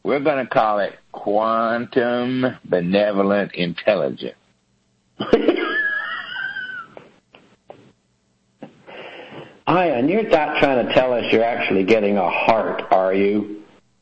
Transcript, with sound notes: We’re gonna call it quantum benevolent intelligence.
[laughs] iON, you’re not tryin’ to tell us you’re actually getting a heart are you?